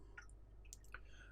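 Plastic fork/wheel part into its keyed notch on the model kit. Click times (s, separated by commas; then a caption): 0.7 s. A plastic fork/wheel part on a Tamiya Honda CBR 1000RR Fireblade model kit is pushed on until it locates in its keyed notch, with a sharp click at 0.7 s as it locks in place. Smaller ticks and squishy handling noises come before and after, over a low steady hum. The part is seated.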